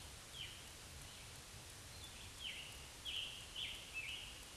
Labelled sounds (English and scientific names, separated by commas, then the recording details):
Scarlet Tanager (Piranga olivacea) song
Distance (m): 60 m
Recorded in a Pennsylvania forest on 1 June 2023 at 08:06
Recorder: AudioMoth, point grid3_36_low
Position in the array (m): 164 m, 140 m